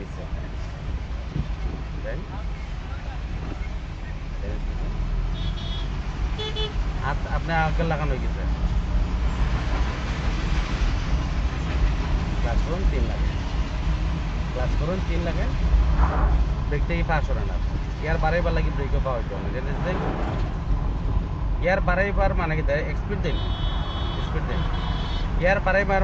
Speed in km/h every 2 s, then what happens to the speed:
20, 18, 17, 15, 15, 20, 24, 27, 29, 30, 28, 26, 25.
0-8 steady at about 17. 8-17 speeds up to 30.